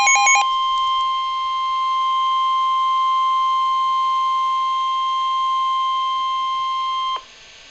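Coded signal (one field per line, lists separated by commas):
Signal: Emergency Alert System (SAME) tones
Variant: 1050 Hz attention tone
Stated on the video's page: Special marine warning on NOAA Weather Radio.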